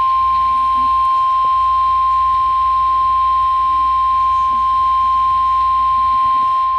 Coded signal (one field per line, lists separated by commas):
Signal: Emergency Alert System (SAME) tones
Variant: 1050 Hz attention tone